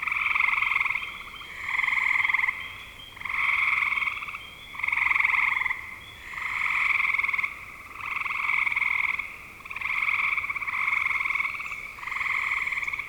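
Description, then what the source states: Frogs trilling together in regular buzzy bursts, each about a second long and separated by short pauses, steady throughout. Frogs calling in spring 2025.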